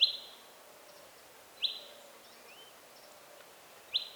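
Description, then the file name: Common chaffinch calls: three short, sharp 'pink' notes, spaced well apart, against a soft hiss of background noise. "Fringilla coelebs"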